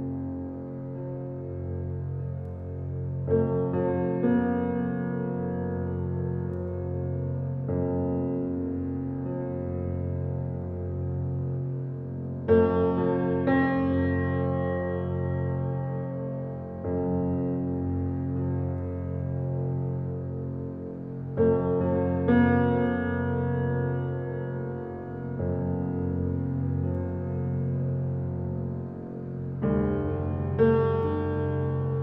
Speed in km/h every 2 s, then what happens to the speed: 101, 102, 102, 103, 103, 104, 105, 102, 97, 96, 96, 96, 97, 98, 98, 98.
0-13 steady at about 103. 13-17 slows to 96. 17-32 steady at about 97.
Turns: none.